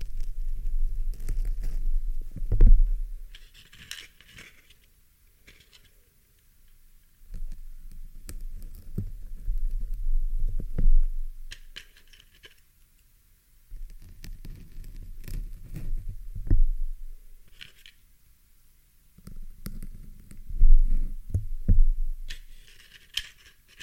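Handling noise from a microphone as a pin is plucked from it: low rumbling thumps come in four bursts of a few seconds each, separated by near silence. Sharp knocks and short scratchy hiss spikes punctuate each burst, loudest near 3 and 21 seconds.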